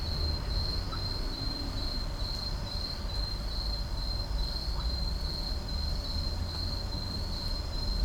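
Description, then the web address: Insects at night: a high trill pulsing rapidly and steadily from start to finish, backed by a dull low rumble. At night in an urban park. "boom library Urban and Suburban Urban park night insects"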